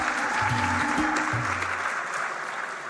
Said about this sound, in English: Can we please have a round of applause for Mr. Prashant Prakash?